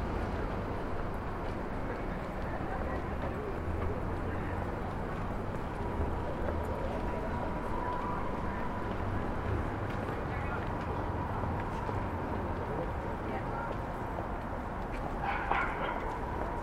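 Rooftop city ambience over Starr Street in Brooklyn: a steady low traffic rumble with faint voices, and a brief brighter clatter near fifteen seconds.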